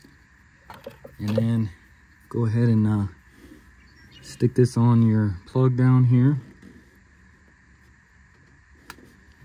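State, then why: Seated. A greased rubber spark plug wire boot on a 1988-1995 Toyota Pickup or 4Runner is pushed down onto the spark plug terminal while someone talks. After the talking stops, a short, sharp click at 8.9 s marks the boot snapping onto the plug, seating it.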